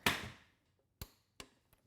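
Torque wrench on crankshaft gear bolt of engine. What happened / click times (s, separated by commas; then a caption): The torque wrench broke over at its setting / 0.1 s. A torque wrench on the crankshaft gear bolt of a 1.8T Audi TT engine, with the gear counter-held by a holding tool, gives one loud, sharp click at 0.1 s that rings and fades over about half a second. Three shorter, quieter ticks follow at 1.0 s, 1.4 s and 1.7 s. The wrench clicks at its setting, so the bolt is torqued.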